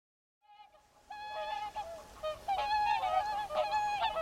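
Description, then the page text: Mute swan calls, starting faint after a brief silence, then building into a run of loud, ringing nasal honks that overlap toward the end. "Ciripituri în naturăLebăda mută sau Lebăda de vară – Cygnus olor"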